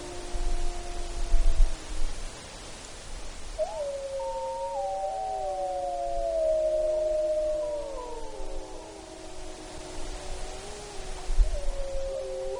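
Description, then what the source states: Wolf: several wolves howling together, overlapping wavering tones that rise, hold and slide down in a loose chorus, with soft low-frequency noise beneath. Recorded in Alaska on 29 April 2015 at 22:54.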